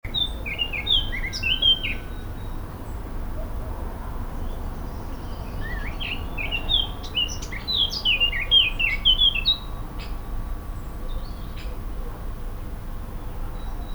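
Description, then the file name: Eurasian blackcap song, hurried, jumbled warbling phrases in the first ten seconds, some notes clear and some scratchy, then only steady background noise. "Sylvia atricapilla"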